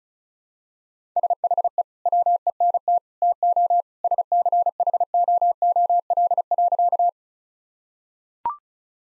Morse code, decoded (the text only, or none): SHE WENT TO SCHOOL.